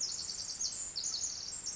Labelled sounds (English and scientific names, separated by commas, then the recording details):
Pacific Wren (Troglodytes pacificus)
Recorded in Sonoma County, California